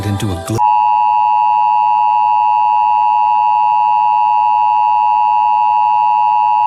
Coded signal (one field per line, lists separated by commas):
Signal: Emergency Alert System (SAME) tones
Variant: 853 and 960 Hz attention tone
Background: speech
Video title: EAS Mock // Vermillion //